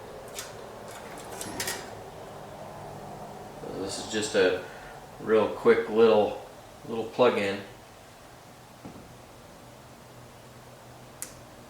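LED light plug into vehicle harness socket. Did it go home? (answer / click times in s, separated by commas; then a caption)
yes / 11.2 s. Someone talks while pushing a small plastic LED light plug into its socket on a C7's vehicle harness. A short, sharp snap is heard at 11.2 s as the plug seats.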